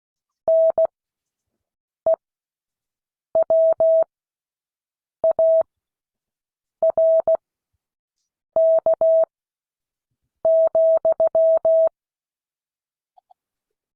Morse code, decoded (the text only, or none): NEWARK,